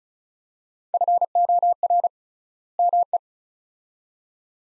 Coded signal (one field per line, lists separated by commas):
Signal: Morse code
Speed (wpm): 36 wpm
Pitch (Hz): 700 Hz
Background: none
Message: FOR ME